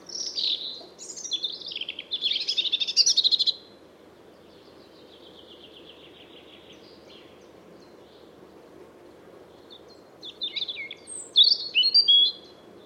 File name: Erithacus rubecula